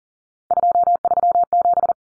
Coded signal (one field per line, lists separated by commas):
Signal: Morse code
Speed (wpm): 40 wpm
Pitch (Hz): 700 Hz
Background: none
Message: 237